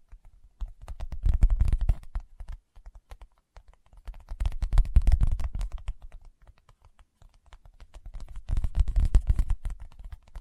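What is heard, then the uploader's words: Fingertips tap rapidly in three dense bursts, around 1–2 seconds, 4.5–6 seconds and 8.5–9.5 seconds, each swelling and fading with quieter scattered taps between. The taps are dull and thuddy, clicking like typing on a keyboard. ASMR Tapping with Fingertips (No Talking).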